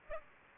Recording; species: mosquito wingbeat signal from an infrared sensor; Aedes aegypti